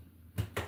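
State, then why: Seated. A plastic pour-spout top is pressed down onto the rim of a paint can. A first dull knock sounds at about 0.4 s, then a sharper pop at 0.6 s as the top snaps down into place. The top is seated.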